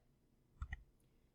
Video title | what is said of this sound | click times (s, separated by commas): Film Negatives Instructional Video | place this guide into the slot on top of the jumble viewer push down on it until you hear a click | 0.6 s, 0.7 s